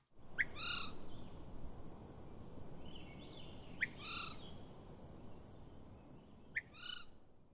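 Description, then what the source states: Swainson's Thrush alarm calls: three clear, sharp notes spaced a few seconds apart, over steady low rumbling background noise. One of a series of excerpts presenting this thrush's repertoire; the call is its alarm call.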